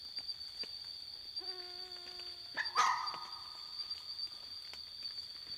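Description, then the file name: Red fox call: a steady, whining tone with stacked harmonics lasting about a second, then a harsh, rasping burst, over a constant high drone and scattered clicks. Atypical red fox call. "Red Fox dharug"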